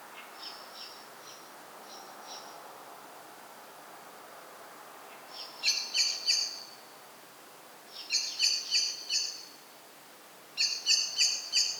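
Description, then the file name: Common blackbird sounding faint high notes at first, then three loud bursts of rapid, sharp chink calls, each lasting about a second. "Turdus merula"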